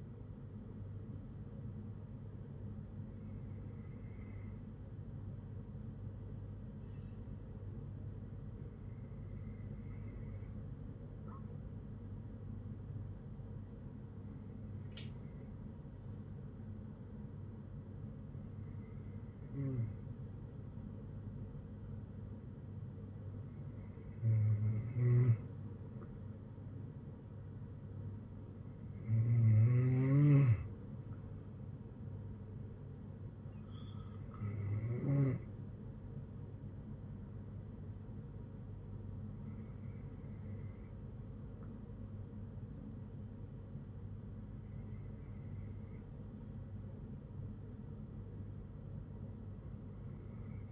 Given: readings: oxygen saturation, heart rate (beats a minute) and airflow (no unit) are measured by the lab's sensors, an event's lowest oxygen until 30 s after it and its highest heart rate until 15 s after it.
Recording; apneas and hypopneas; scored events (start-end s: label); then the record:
breathing in sleep by a smartphone at the bedside; none
none scored
From the record:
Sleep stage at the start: N2 (light sleep); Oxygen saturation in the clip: 92 to 93%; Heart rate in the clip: 58 to 65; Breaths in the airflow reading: 10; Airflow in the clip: -8.9 to 6.9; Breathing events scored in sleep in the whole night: 182 in 7.4 hours asleep